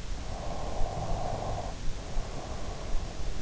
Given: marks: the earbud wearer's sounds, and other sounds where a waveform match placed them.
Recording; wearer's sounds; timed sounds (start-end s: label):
sounds in sleep by an in-ear microphone; breath
0.08-3.24 s: breath